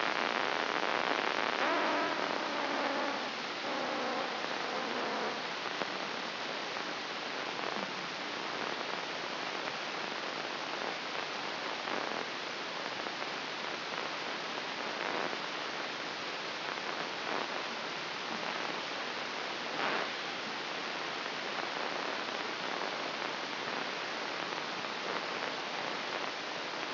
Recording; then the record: brain microelectrode recording played as sound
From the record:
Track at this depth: inside the subthalamic nucleus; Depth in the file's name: 1.937 mm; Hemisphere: left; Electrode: 3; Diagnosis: Parkinson's disease